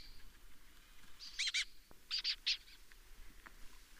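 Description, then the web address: Lesser kestrel with quieter raspy calls, a short harsh pair, then three more grating notes over a faint hiss. "sound Lesser-kestrel. صدای-پرنده-دلیجه-کوچک"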